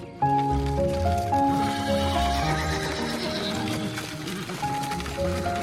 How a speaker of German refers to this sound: Südfrankreich. Ein Sommertag im Jahr 1895. Ein Pferdewagen rumpelt den holprigen Weg entlang. Vorne auf dem Bock sitzt ein Mann. Hinten auf dem hölzernen Karren kauern zwei Mädchen.